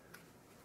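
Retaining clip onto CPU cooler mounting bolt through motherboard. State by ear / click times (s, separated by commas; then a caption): seated / 0.1 s. A three-quarter-round retaining clip is pushed onto a be quiet! Dark Rock Pro 3 CPU cooler mounting bolt against the back of the motherboard, where it holds the bolts in place and acts as a spacer. A single short, sharp tick is heard at 0.1 s over a low, steady background hiss. The clip pops on and seats.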